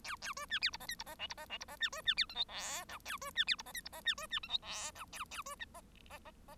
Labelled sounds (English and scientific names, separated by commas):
Bengalese Finch (Lonchura striata domestica) song